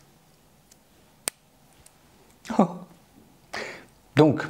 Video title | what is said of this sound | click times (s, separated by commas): Ce que j'ignorais avant l'achat de la Cartier SANTOS | et là je vais rapprocher du micro parce que vous allez voir que ça fait un petit bruit et moi j'aime bien quand ça fait un petit bruit un petit clic qui qui montre qu'en fait et ben ça fonctionne quoi | 1.3 s